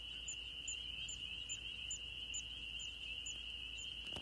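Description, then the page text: Spring peeper chorus, a steady high ringing drone of many overlapping peeps, with a faint higher chirp repeated at a steady pace. Maryland, USA. "Maryland Biodiversity. Spring Peeper ( Pseudacris crucifer )"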